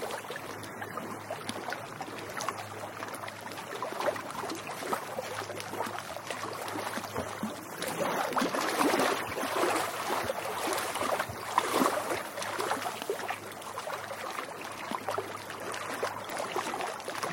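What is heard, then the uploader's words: Water laps at a lake's edge in a steady run of small splashes and slaps, busy and irregular throughout. The sloshing swells a little louder around the middle, with brighter splashes near eight and twelve seconds, over a faint low hum. Lapping Lake. Recorded August 2020.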